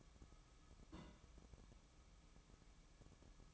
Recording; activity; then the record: daily activity, microphone in the room; place on stove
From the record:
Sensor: 1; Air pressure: 1008.1 hPa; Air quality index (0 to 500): 130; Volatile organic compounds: 2 ppm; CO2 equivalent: 1093 ppm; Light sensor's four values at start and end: 7/18/7/7 and 8/18/7/7